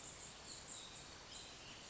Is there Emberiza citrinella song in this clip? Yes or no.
no